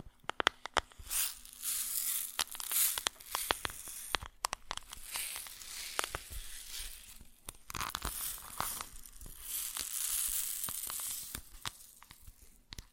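Grains rustle and hiss in uneven bursts, dotted with sharp crackling clicks throughout, over a faint steady low hum underneath.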